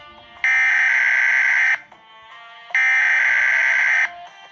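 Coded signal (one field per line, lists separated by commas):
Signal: Emergency Alert System (SAME) tones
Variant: header bursts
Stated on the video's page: Fictional EAS scenario.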